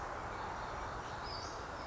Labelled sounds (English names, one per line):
Western Flycatcher